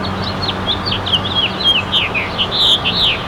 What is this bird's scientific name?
Haemorhous mexicanus